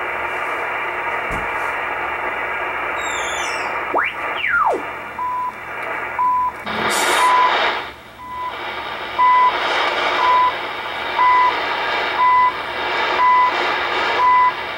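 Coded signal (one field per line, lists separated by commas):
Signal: radio time signal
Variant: CHU Canada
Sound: shortwave static and a tuning whistle, then about 10 short 1 kHz ticks, one each second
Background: radio static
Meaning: Each tick marks one second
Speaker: This is CHU Canada time signal. Surprised to hear it at this time of night.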